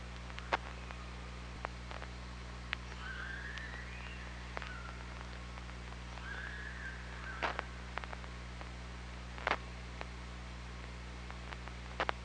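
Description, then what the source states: Killer whale calls, two rising, wavering tonal calls a few seconds apart, with irregular loud clicks and a persistent low drone. Recorded on an OrcaLab hydrophone, 24 August 2017 at 07:23:45.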